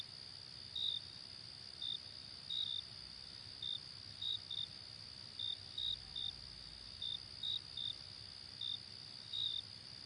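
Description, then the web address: Cricket calling: an unbroken high-pitched drone with brief, slightly lower chirps recurring at uneven intervals; no other sounds stand out. "hobokenchicken kira. crickets"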